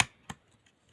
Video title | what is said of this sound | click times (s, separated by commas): Transformers SS 86⁰⁶ Grimlock review | pretty sure you can hear hear the click | 0.3 s